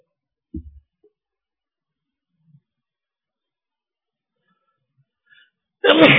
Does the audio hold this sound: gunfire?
no